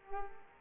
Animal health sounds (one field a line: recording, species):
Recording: mosquito wingbeat signal from an infrared sensor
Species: Culex pipiens